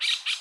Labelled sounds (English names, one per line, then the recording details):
Brown-throated Parakeet contact call
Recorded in Curacao
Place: just S of Landhuis Groot St. Joris
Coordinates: 12.116, -68.830